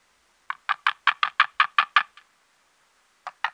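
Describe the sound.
White-tailed eagle call: a quick run of about ten sharp yelping notes, a pause, then more yelps beginning.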